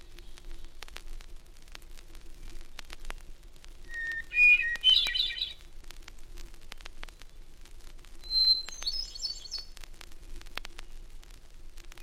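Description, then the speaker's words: Hermit Thrush singing two separate phrases, each a held whistled note leading into a higher, swirling flutelike cascade, with steady crackling clicks behind. Singing from a balsam spire in the Adirondack Mountains; nests in the North Woods. "The first of these, often considered America's foremost songbird, is the hermit thrush, now singing from a balsam spire in the Adirondack Mountains."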